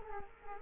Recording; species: mosquito wingbeat signal from an infrared sensor; Culex quinquefasciatus